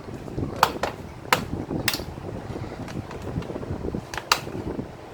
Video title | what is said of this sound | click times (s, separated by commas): Aftershock MX-15 Gskill ram upgrade | want you want to hear that click sound for the evil days security | 0.6 s, 1.3 s, 1.9 s, 4.3 s